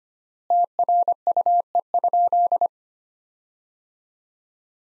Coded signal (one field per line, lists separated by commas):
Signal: Morse code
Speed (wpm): 25 wpm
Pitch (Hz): 700 Hz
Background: none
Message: TRUE?